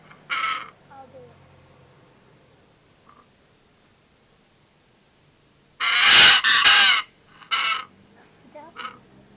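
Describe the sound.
Pesquet's parrot with a rasping screech, a long pause, then a loud double screech followed by a shorter screech and a faint call.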